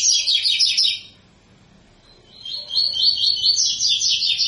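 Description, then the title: Double-collared seedeater delivering a quick, high twittering burst, a short pause, then another run of lively, rolling notes. Tui-tui song style, a 'fibra' bird; teacher song used for training young birds. "COLEIRO TUI TUI FIBRA CANTO PROFESSOR"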